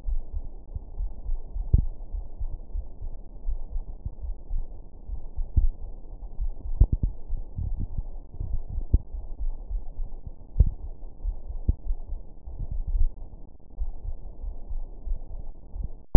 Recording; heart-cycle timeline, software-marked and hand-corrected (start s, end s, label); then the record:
heart sounds
not marked
From the record:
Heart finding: coronary artery disease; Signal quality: poor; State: rest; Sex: female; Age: 65 years